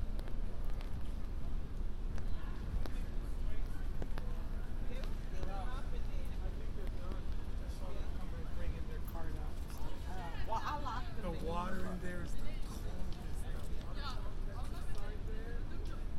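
A walk up Broadway on a rainy night, with a heavy, steady low rumble of wind and traffic underneath throughout. Voices of passersby come and go, clearest between about ten and thirteen seconds, with scattered short knocks and ticks over a constant wash.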